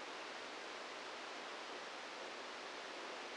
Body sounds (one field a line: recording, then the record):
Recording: brain microelectrode recording played as sound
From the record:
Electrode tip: inside the subthalamic nucleus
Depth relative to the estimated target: 1 mm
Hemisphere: left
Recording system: NeuroSet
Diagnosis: Parkinson's disease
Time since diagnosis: 27 years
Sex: male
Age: 62 years